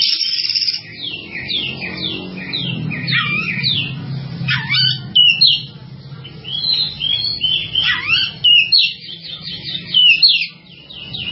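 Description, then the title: Java sparrow song, a quick series of repeated descending chirps followed by varied twittering and whistled notes. "kicau gelatik"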